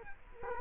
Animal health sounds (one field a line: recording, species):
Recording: mosquito wingbeat signal from an infrared sensor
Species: Culex quinquefasciatus